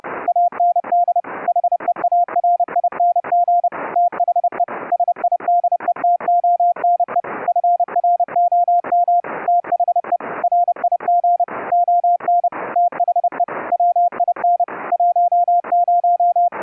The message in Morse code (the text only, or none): AND HEARING THE SIDETONE FROM THE RIG ON THE WIN 10